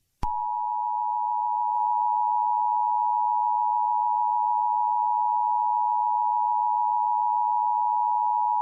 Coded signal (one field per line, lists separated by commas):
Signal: Emergency Alert System (SAME) tones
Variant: 853 and 960 Hz attention tone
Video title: EAS Scenario/Mock #15 - Boris The Grounding Spree (Remastered)